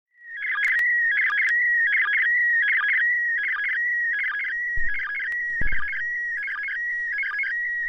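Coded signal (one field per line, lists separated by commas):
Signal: SSTV (slow-scan television)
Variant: PD180 mode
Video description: An example of SSTV (slow-scan television) transmission being received on a ham radio, 2m band (145,800mhz). The signal has to be decoded with a software on a PC - used MMSSTV (coding PD180).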